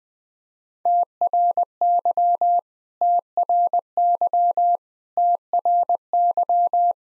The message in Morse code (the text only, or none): TRY TRY TRY